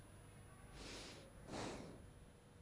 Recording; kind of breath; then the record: one breath in and out by a microphone near the nose and mouth; normal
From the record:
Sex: male